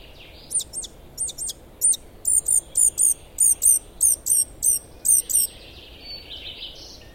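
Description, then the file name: Eurasian blackcap calls: a quick run of short, sharp, high clicking notes that then stops, over a soft background hiss. "Sylvia atricapilla"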